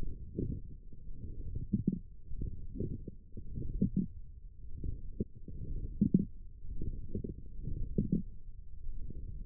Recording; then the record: forearm muscle sounds (acoustic myography)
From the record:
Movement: forearm pronation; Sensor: system 1, eight BSWA MPA416 microphones around the upper forearm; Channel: 1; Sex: male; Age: 42 years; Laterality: right